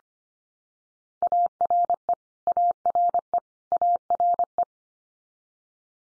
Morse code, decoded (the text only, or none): ARE ARE ARE